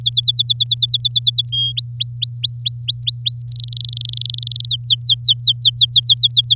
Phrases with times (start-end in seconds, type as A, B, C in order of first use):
0.01-1.50 A, 1.52-1.72 B, 1.77-3.42 C, 3.48-4.65 D, 4.67-6.54 E